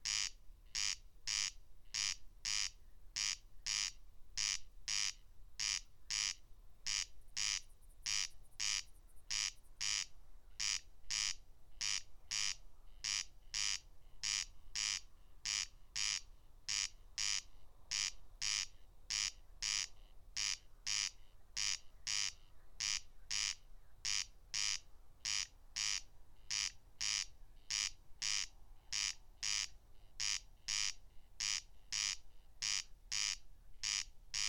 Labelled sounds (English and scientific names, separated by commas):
Corn Crake (Crex crex) song